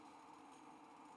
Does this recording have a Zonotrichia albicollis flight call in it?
no